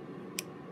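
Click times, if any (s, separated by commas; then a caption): 0.4 s. A star drag nut is held on the threaded handle shaft of a vintage Abu Ambassadeur 5000 baitcasting fishing reel and turned backwards (counterclockwise) until its threads drop into line. Against a steady low background hum, a single sharp, bright click sounds at 0.4 s as the nut's threads catch and seat.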